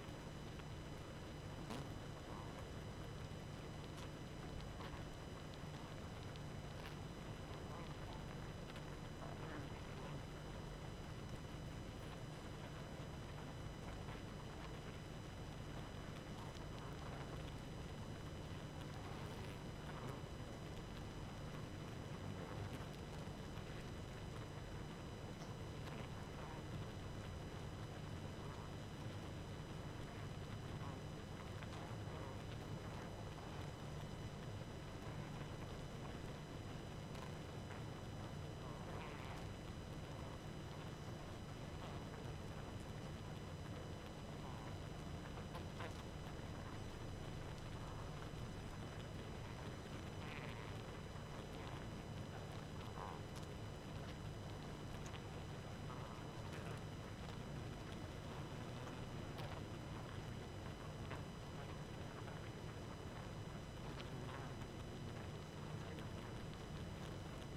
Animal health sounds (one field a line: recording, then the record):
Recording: honeybee colony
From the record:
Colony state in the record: active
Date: 12 June 2018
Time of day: 23:13